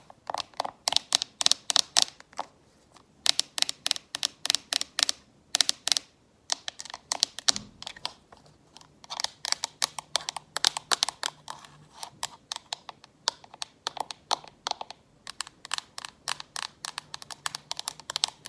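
Fast, aggressive fingernail tapping clicks in tight bursts, sharp and bright. Rapid runs stop briefly around 3, 6.5 and 13 seconds, with a low dull knock near 7.5 seconds and a faint steady hum underneath.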